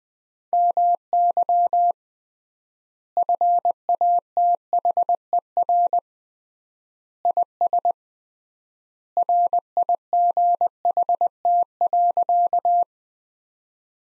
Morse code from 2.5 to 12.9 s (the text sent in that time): FATHER IS RIGHT.